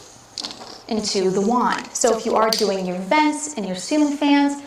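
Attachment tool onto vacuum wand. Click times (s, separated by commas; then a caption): 0.4 s. A plastic attachment tool is snapped onto the end of the wand of a Dyson DC65 upright vacuum, giving a sharp, solid click at 0.4 s while someone talks. The tool is locked into place on the wand.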